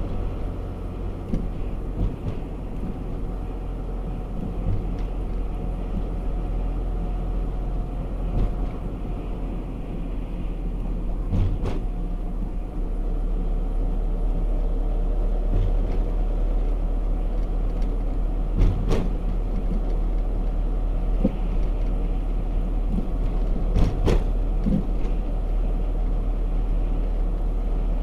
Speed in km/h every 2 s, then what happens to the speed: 43, 43, 42, 41, 41, 38, 36, 37, 38, 38, 38, 38, 39, 38.
0-11 slows to 36. 11-28 steady at about 38.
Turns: none.